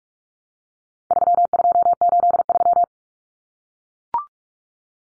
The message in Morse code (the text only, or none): 3283